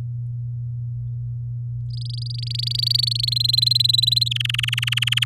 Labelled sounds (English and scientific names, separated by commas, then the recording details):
Domestic Canary (Serinus canaria) song
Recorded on 8 May 2018 at 06:44
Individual llb16